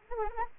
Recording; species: mosquito wingbeat signal from an infrared sensor; Anopheles arabiensis